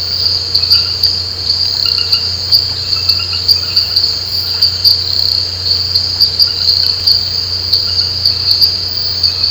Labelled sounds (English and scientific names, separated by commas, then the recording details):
none
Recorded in pastures near Puerto Asís, Putumayo, Colombia, on 13 March 2025 at 22:30
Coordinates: 0.466, -76.322
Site CSA-02